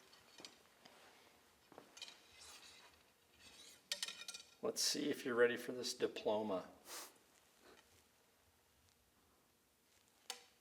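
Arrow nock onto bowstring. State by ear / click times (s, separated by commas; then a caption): partly seated / 10.3 s. An arrow nock is snapped onto the bowstring of a compound bow, giving a little click at 10.3 s after someone talks amid faint handling sounds. The nock is only past the first stage of a two-stage click and still has to be pushed further until it is fully on.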